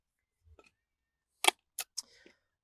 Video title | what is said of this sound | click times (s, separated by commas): Stanley Prep & Eat Frying Pan Review & Test | and fold back over and it locks in place | 1.5 s